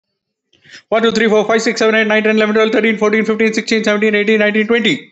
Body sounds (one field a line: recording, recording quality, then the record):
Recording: counting at a fast pace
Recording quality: excellent, no background noise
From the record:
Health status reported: healthy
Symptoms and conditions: none ticked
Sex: male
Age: 56 years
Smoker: not ticked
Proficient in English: yes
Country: India